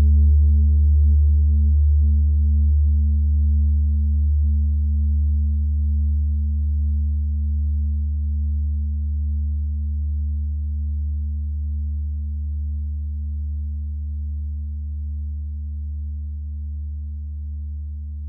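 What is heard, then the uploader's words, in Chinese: A steady, deep electronic drone tuned to Saturn at 147.85 hertz, holding one low pitch with a faint higher overtone. A thin upper tone fades out around ten seconds, and the hum slowly softens toward the end with no other sounds. 土星（147.85赫兹）。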